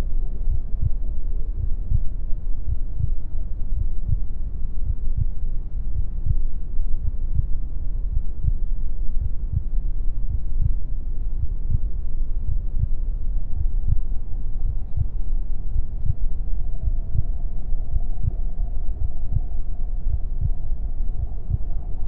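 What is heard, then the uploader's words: A steady heartbeat thumps low and muffled, beating at a regular pace of roughly two beats per second throughout. Beneath it runs a dense, dark whooshing wash, like fluid heard through a body, with a faint higher tone drifting in the last seconds. Heartbeat Sound | A Mother's Womb. The gentle thumping of my mother's heartbeat serves as the main focus, a steady rhythm that reverberates through the fluid-filled space. The world beyond the protective barrier of the womb is muffled and distant, its sounds are softened by the layers of tissue and the amniotic fluid that envelop me.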